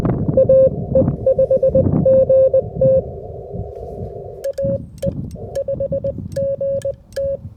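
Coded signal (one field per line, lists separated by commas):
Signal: Morse code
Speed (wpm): 20 wpm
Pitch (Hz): 560 Hz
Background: none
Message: AE5GT AE5GT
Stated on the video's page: Full POTA activation using a SOTA POTA 150 antenna.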